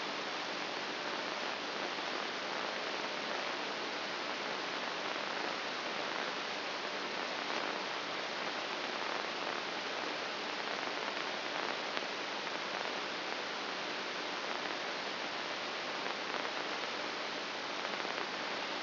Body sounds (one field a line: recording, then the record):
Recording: brain microelectrode recording played as sound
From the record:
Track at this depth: outside the subthalamic nucleus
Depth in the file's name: 2.337 mm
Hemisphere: left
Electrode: 2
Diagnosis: Parkinson's disease